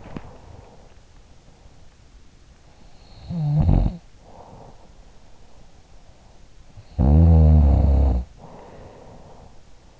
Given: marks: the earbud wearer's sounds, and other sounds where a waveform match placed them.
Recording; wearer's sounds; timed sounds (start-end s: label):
sounds in sleep by an in-ear microphone; body movement
0.00-0.40 s: body movement
2.57-6.50 s: sound from someone else or the room
6.70-10.00 s: sound from someone else or the room